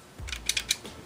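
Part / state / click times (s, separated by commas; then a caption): foam dart into toy blaster barrel / seated / 0.7 s. A foam dart is pushed into the plastic barrel of a single-shot BoomCo Farshot toy blaster, with a low thump at about 0.2 s followed by a run of sharp, bright clicks at 0.3, 0.5, 0.6 and 0.7 s and a faint tick near 0.9 s. The barrel lock engages at 0.7 s, and the dart is seated.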